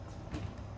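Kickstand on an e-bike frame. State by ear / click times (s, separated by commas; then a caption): not seated / none. A heavy-duty metal kickstand on a Velotric Discover 1 e-bike frame is handled and flipped toward position after the bike is stood up. There is a steady low rumble of handling noise with a slight swell around 0.3–0.5 s. Nothing has seated or clicked yet; the kickstand has not locked into place.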